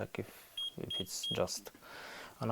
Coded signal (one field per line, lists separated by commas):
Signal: none